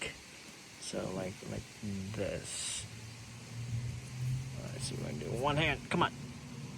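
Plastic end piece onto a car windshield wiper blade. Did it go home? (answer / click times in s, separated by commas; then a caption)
no / none. Someone talks while handling the loose plastic end piece of a 2023 Bolt EUV/EV windshield wiper blade, trying to push it back onto the blade with one hand. Short handling knocks and rustles come between the talking. The piece has not seated or clicked yet.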